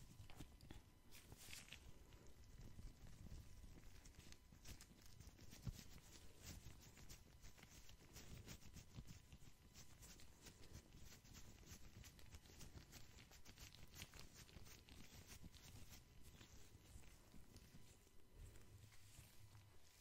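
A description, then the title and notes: Soft tapping on gloves and cotton with lotion, a dense, steady run of small muffled taps and rubbing strokes throughout. The taps come quickly and fairly evenly, mostly low and dull with faint crisp edges, and a low rumble sits underneath. ASMR Spa (Scalp Massage, Face Massage, Personal Attention, Lotion, Gloves, Cottons, Tapping).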